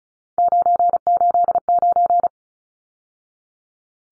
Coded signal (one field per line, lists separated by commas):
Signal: Morse code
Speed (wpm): 34 wpm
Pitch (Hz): 700 Hz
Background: none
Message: 989